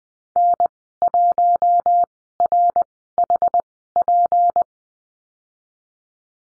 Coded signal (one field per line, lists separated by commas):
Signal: Morse code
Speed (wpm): 20 wpm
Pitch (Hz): 700 Hz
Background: none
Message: N1RHP